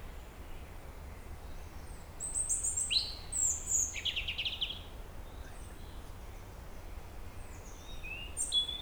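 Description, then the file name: European robin song: a short burst of high, thin whistles and sparkling trills in the middle, over a steady low hum of background noise. "Erithacus rubecula"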